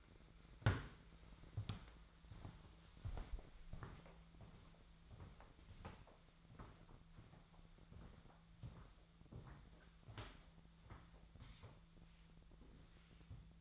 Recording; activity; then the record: daily activity, microphone in the room; walk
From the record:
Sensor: 3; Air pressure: 1008.4 hPa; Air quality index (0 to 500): 191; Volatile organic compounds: 14 ppm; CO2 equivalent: 2459 ppm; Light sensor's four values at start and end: 18/44/19/19 and 18/44/19/19